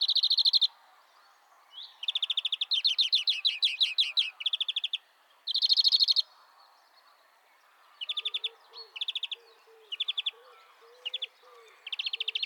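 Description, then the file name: European greenfinch giving rapid, buzzy trills in short bursts, some wavering in pitch, broken by pauses; faint low notes underneath in the second half. "Chloris chloris"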